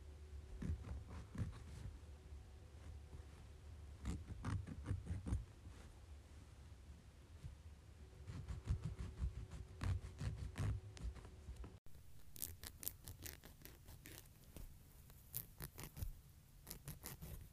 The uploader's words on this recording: ASMR Cutting and Filing my Nails.